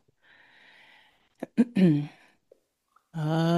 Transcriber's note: clears throat